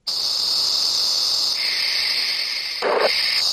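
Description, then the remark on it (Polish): High-pitched hearing test tones played through headphones during a mobile hearing screening: a steady tone hums continuously, joined midway by a second, slightly lower tone. A brief burst of noise cuts in near the end, with no voices present. “Słyszymy piski w uchu.”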